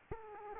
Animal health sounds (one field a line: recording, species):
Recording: mosquito wingbeat signal from an infrared sensor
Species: Aedes aegypti